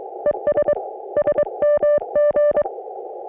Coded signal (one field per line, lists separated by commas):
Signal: Morse code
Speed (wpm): 26 wpm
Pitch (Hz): 560 Hz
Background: none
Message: ES SMG